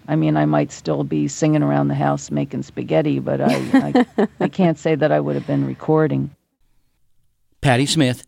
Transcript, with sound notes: I mean, I might still be singing around the house making spaghetti.
(Laughter).
But I can't say that I would have been recording.